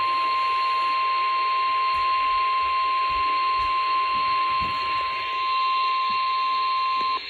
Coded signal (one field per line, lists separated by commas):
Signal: Emergency Alert System (SAME) tones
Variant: 1050 Hz attention tone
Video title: ONLY IN THE ARKLATEX! EAS alerts from 4/3/2023! [EAS #1345 - #1415]